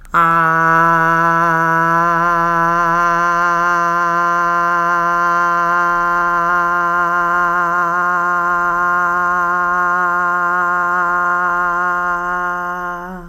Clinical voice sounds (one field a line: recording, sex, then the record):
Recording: sustained vowel /a/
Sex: female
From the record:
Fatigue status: no fatigue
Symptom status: asymptomatic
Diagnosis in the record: COVID-19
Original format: m4a